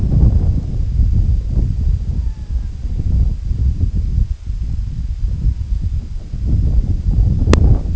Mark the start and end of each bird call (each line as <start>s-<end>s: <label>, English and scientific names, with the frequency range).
2.11s-2.80s: Red-throated Loon (Gavia stellata) (0.6-2.1 kHz)
5.25s-5.93s: Red-throated Loon (Gavia stellata) (0.7-1.4 kHz)